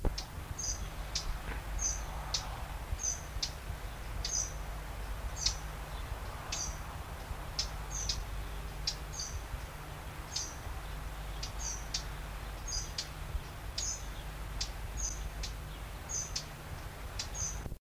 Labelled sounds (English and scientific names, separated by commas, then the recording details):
Lesser Whitethroat (Sylvia curruca) alarm call, Common Cuckoo (Cuculus canorus)
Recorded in the wild
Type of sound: alarm call
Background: Cuculus canorus
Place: Berneburg (Sontra), Hessen, DE
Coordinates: 51.06, 9.88
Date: 1975-08-02
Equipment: Halbspur, 9,5 cm/s
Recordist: Lütgens, Hans
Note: Paar warnen, Jungkuckuck im Hintergrund